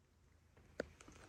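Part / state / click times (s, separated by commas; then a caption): click-type torque wrench on a cylinder head bolt / torque reached / 0.8 s. A click-type torque wrench set to 36 tightens a cylinder head bolt on a Prius 2ZR engine, one of the two middle bolts tightened first. It gives a sharp click at 0.8 s, confirming the setting is reached, and a fainter tick follows at about 1.0 s.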